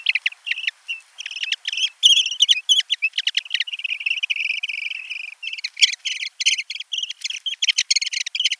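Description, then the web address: Eurasian dotterel display calling, dense bursts of rapid, high rattling and trilled notes, some phrases longer and steadier, continuing with short gaps throughout. "Schulze Peter Dotterel"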